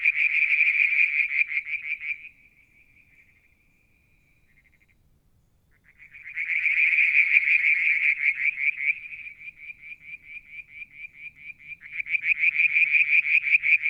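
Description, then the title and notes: Frog calls: loud bursts of rapid, pulsed trilling at a high pitch, with fainter steady trills between them and a near-silent gap in the middle. Mount Wilson, New South Wales, Australia; July 2022; one evening near a water tank; striped marsh frog, Verreaux's tree frog and an unidentified frog calling together. "Frog song, Mount Wilson, New South Wales, Australia in July 2022 – by Alexander Moffatt. Limnodynastes Peronii, Litoria Verreauxii and a mystery frog one evening near the water tank"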